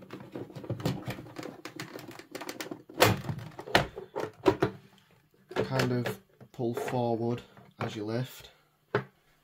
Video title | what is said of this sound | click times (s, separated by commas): How to fix a thrustmaster t300 steering wheel motor and hall sensor mount full video guide | You'll hear a click, but nothing will break. | 9.0 s